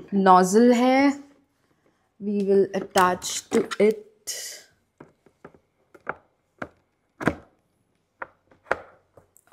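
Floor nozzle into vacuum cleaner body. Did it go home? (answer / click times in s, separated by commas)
yes / 8.7 s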